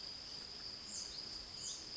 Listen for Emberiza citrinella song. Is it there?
no